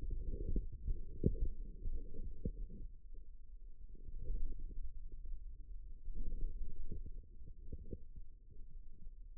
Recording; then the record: forearm muscle sounds (acoustic myography)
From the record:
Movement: wrist flexion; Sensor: system 2, bracelet of six BSWA MPA416 microphones around the upper forearm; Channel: 4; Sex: male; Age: 22 years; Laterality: right